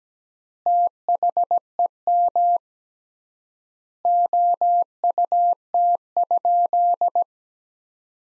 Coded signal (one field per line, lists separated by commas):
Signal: Morse code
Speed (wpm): 17 wpm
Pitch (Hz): 700 Hz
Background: none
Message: THEM OUT?